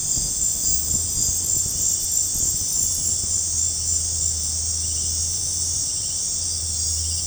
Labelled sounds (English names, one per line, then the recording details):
none
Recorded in dense forest near Puerto Asís, Putumayo, Colombia, on 20 December 2024 at 20:00
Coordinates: 0.481, -76.323
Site G100